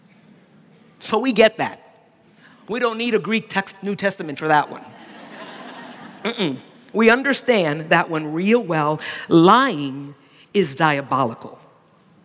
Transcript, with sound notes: So we get that. We don’t need a Greek New Testament for that one. (laughter) We understand that one real well.
Lying is diabolical.